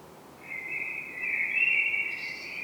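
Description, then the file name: Common blackbird holding a long, even, flute-like note that swells in loudness, with a faint higher note added near the end. "Turdus merula"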